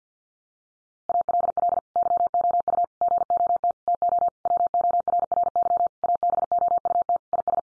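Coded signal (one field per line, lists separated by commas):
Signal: Morse code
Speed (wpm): 49 wpm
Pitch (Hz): 700 Hz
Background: none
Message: ALL YOU GOT TO WORRY ABOUT IS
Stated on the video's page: Head-copy sentence drill at 50 wpm, each sentence sent in Morse, spoken, then sent again.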